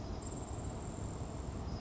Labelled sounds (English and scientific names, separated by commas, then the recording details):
Grasshopper Sparrow (Ammodramus savannarum)
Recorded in Sonoma County, California